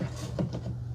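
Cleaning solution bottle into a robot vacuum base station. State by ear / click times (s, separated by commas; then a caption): seated / 0.4 s. A cleaning solution bottle, cap off, is pushed up into the base station of a Eureka J20 robot vacuum and mop combo. A short, soft click sounds at 0.4 s over a steady low hum. The bottle clicks into place and is seated.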